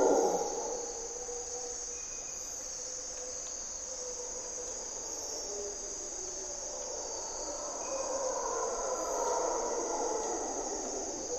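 Mantled howler monkeys roar in the Corcovado jungle at morning twilight, a low, drawn-out rumbling that swells at the start and again near the end. A steady, high insect buzz runs unbroken underneath, with a few faint chirps scattered through.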